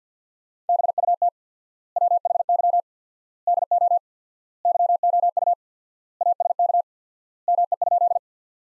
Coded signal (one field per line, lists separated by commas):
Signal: Morse code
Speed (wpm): 50 wpm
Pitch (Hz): 700 Hz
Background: none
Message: BUT WHY DO YOU ASK ME?